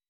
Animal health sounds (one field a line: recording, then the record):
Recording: hydrophone in a shrimp aquaculture tank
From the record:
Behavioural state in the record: weakened